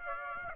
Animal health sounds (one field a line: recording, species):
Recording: mosquito wingbeat signal from an infrared sensor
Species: Aedes aegypti